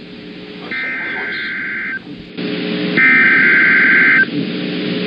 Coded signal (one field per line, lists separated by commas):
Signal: Emergency Alert System (SAME) tones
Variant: header bursts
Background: speech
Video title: THE MADNESS OF STORMS... (Part 2) || EAS Alerts from March & April (EAS #75 - #93)